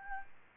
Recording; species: mosquito wingbeat signal from an infrared sensor; Aedes albopictus